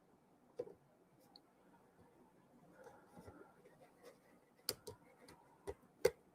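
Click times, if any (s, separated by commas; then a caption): 4.7 s. A cable connector is pushed into a port on the board next to the HDMI cable. Faint rustling and a few small ticks lead up to a sharp click at 4.7 s as the connector snaps into place, followed by softer handling clicks. The connector is seated in the port.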